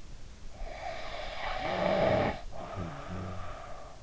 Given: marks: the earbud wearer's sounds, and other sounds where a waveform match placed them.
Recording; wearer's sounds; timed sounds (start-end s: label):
sounds in sleep by an in-ear microphone; snoring breath
0.64-3.94 s: snoring breath